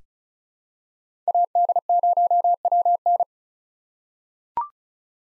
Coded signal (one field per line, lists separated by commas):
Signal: Morse code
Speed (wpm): 34 wpm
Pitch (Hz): 700 Hz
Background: none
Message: AD0WN